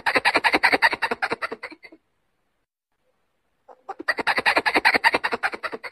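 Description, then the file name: Pallas's squirrel calling: two bursts of rapid, harsh, buzzy pulses separated by silence. Female calling to males during the breeding season. "tieng soc bung do keu goi duc mua sinh san"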